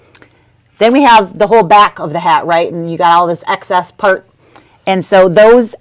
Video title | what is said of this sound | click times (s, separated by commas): Stitching - Hooping tips | and then you up and over and this snaps into place here and then your hat can't move | 0.2 s